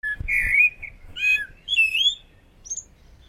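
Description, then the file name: Common blackbird with a short run of clear whistled notes, ending in a soft thin high note. "Turdus merula"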